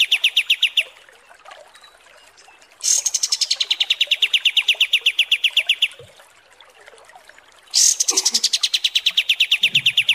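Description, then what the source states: Kapas tembak song: fast machine-gun trills of evenly pulsed notes in three bursts, separated by quiet gaps with faint background chatter. Masteran tutor song for training cage birds, described as deluxe (mewah).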